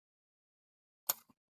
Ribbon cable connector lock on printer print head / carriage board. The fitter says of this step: ini sudah terkunci ya setelah